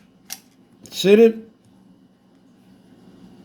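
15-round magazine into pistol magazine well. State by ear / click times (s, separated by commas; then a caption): not seated / none. A factory 15-round steel magazine is handled at the magazine well of a Smith & Wesson polymer-grip pistol, with a sharp tick near 0.3 s and a brief spoken word around 1.0–1.4 s over a quiet background. The magazine has not seated or clicked into the magwell yet.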